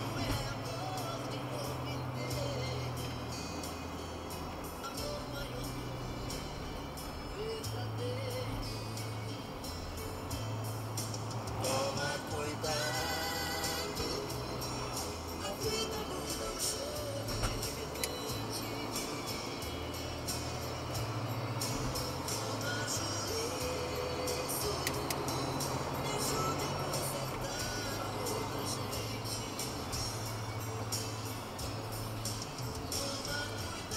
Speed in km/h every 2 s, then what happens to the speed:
83, 78, 76, 76, 74, 70, 71, 70, 75, 80, 86, 90, 94, 92, 88, 81, 75.
0-14 slows to 70. 14-23 speeds up to 94. 26-34 slows to 75.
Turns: none.